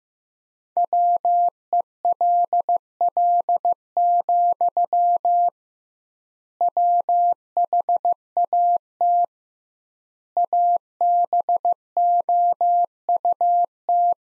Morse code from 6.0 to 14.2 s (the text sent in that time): WHAT ABOUT